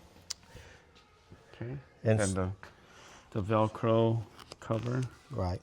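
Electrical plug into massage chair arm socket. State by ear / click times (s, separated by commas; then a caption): seated / 0.3 s. The electrical plug of a Positive Posture DualTech Pro AI Massage Chair arm is pushed into its socket, giving a single sharp, loud click at 0.3 s. The plug is seated, and afterward someone talks.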